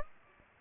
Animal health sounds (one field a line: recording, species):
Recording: mosquito wingbeat signal from an infrared sensor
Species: Aedes aegypti